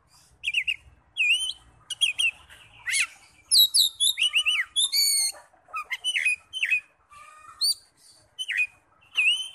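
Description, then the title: Oriental magpie-robin song: varied whistled and chirpy phrases, rising and falling, in quick bursts with brief pauses throughout. "Kacer"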